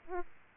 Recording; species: mosquito wingbeat signal from an infrared sensor; Aedes albopictus